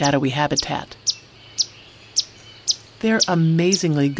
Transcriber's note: Swainson’s Warbler alarm calls